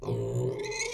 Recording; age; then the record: pig call; weaner (32 to 43 days)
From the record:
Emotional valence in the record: negative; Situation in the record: long isolation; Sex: female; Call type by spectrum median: low-frequency call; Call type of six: mixed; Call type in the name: high-frequency modulated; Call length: 0.94 s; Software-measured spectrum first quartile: 279 Hz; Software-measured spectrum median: 704 Hz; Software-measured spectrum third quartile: 3470 Hz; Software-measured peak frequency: 398 Hz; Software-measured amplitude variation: 129 dB a second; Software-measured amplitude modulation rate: 23.9 a second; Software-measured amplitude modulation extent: 5.4 dB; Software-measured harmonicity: 3.8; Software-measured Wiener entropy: -4.31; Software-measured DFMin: 1070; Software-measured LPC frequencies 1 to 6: 402, 2139, 2464, 3528, 4130, 4834 Hz